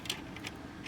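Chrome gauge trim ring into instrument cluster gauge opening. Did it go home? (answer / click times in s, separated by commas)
no / none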